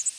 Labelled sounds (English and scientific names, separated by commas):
Tennessee Warbler (Leiothlypis peregrina) flight call